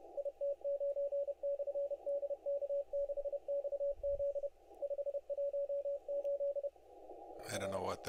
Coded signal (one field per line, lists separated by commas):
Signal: Morse code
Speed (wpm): 30 wpm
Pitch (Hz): 560 Hz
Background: speech, radio noise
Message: IT9/DK6XZ 518 RE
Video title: Listening around ow WAE CW Contest on 20M 8/10/25 20:00Z